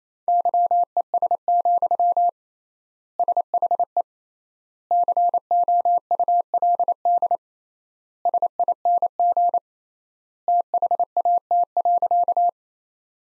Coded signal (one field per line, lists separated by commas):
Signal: Morse code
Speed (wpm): 28 wpm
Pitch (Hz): 700 Hz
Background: none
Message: YES, SHE COULD SING THAT.